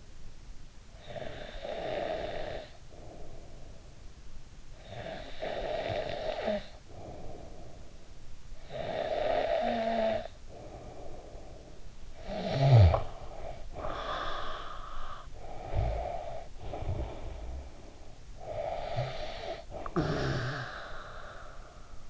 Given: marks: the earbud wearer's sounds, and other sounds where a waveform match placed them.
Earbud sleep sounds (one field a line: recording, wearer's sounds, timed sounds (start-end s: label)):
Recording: sounds in sleep by an in-ear microphone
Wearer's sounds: snoring breath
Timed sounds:
0.00-3.93 s: snoring breath
4.22-22.10 s: snoring breath